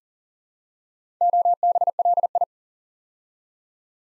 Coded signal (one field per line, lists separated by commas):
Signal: Morse code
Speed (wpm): 40 wpm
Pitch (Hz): 700 Hz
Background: none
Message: OBLI